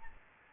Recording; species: mosquito wingbeat signal from an infrared sensor; Aedes albopictus